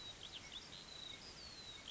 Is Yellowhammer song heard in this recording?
no